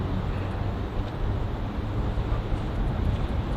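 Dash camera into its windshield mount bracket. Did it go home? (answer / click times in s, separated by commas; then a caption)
no / none. A Surfola 4K dash cam with built-in WiFi and GPS (front and rear) is handled at its windshield mount bracket at the top of the windshield. A steady low rumble with broadband noise runs throughout, with no sudden sounds. Nothing has seated or clicked yet.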